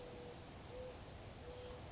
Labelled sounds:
Mourning Dove

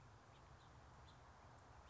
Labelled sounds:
House Finch

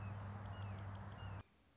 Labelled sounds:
Red-shouldered Hawk

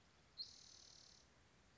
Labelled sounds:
Spotted Towhee

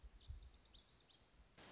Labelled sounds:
Lazuli Bunting

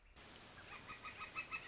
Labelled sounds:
Northern Flicker

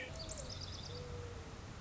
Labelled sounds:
Mourning Dove

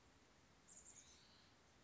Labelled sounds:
Chestnut-backed Chickadee

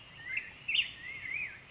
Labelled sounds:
Black-headed Grosbeak

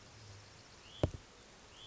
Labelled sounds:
Hutton's Vireo

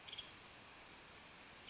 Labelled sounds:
Western Tanager

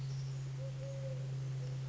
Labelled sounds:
Eurasian Collared Dove

